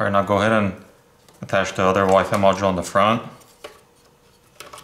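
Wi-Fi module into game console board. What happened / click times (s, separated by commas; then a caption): The module is handled but not yet seated / none. Someone talks while attaching the front Wi-Fi module into the board of a Microsoft Xbox One X console during a teardown. Brief sharp handling ticks follow near the end, but nothing has seated or clicked into place yet.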